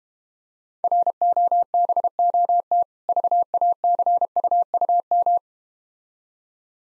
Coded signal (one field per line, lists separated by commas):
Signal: Morse code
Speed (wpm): 32 wpm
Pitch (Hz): 700 Hz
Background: none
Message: ROBOT VACUUM